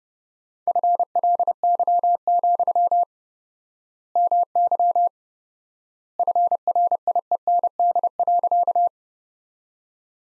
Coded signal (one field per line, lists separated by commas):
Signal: Morse code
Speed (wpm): 32 wpm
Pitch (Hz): 700 Hz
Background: none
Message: FLY, MY FRIEND.